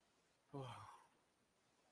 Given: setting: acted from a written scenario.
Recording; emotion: vocal sound without words; relief